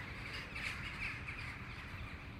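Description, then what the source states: Jackdaw flock calling, a dense chorus of overlapping sharp chattering calls with a steady low rumble beneath. Large flock of about 400 or 500 birds rising together from a rookery.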